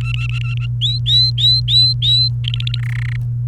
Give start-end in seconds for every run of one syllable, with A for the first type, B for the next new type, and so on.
0.01-0.67 A, 0.81-2.28 B, 2.44-2.79 C, 2.79-3.16 D